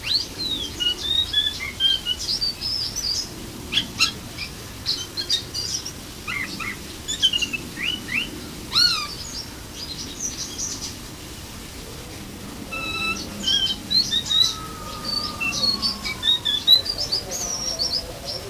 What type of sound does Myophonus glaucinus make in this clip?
song